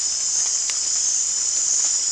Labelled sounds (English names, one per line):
none